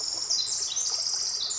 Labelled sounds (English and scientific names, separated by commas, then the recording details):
Pacific Wren (Troglodytes pacificus)
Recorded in Sonoma County, California